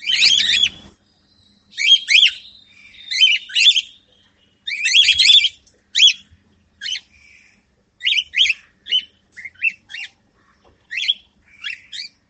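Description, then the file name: Bird giving repeated bursts of sharp scratchy chirps, doubled at first then shorter single notes, irregularly spaced, with a brief low rustle at the start. Recorded at Divine Mercy, Anna Nagar. "anna nagar divine mercy birds"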